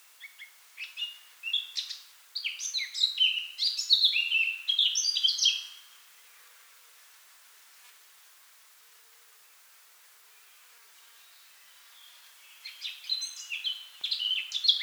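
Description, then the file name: Eurasian blackcap song: a warble building into louder fluty notes, a silent pause of several seconds, then another warbling phrase begins. "Sylvia atricapilla"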